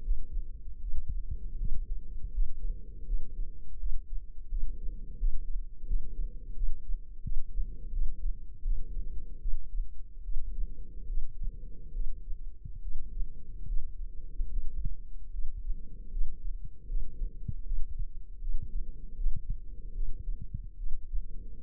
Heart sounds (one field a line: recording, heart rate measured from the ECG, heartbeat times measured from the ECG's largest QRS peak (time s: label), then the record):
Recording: heart sounds by microphone in the left ear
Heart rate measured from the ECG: 78 bpm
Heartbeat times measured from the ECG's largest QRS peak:
0.03 s: heartbeat
0.80 s: heartbeat
1.58 s: heartbeat
2.33 s: heartbeat
3.05 s: heartbeat
3.78 s: heartbeat
4.49 s: heartbeat
5.18 s: heartbeat
5.86 s: heartbeat
6.54 s: heartbeat
7.22 s: heartbeat
7.91 s: heartbeat
8.63 s: heartbeat
9.39 s: heartbeat
10.22 s: heartbeat
11.07 s: heartbeat
11.92 s: heartbeat
12.81 s: heartbeat
13.66 s: heartbeat
14.49 s: heartbeat
15.31 s: heartbeat
16.11 s: heartbeat
16.87 s: heartbeat
17.64 s: heartbeat
18.39 s: heartbeat
19.15 s: heartbeat
19.92 s: heartbeat
20.76 s: heartbeat
21.62 s: heartbeat
From the record:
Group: healthy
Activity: rest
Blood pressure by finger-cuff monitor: 102/71 mmHg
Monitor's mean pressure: 82 mmHg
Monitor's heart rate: 78 bpm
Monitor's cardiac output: 5.6 L/min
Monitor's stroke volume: 73 mL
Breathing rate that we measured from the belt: 20 breaths a minute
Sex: female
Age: 32 years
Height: 172 cm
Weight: 71.7 kg